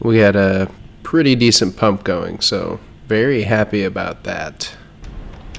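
Someone talks while handling the weight selector dial in an adjustable dumbbell, getting ready to move it up to 10 lbs. A couple of faint taps are heard near the end. Nothing has clicked or seated yet.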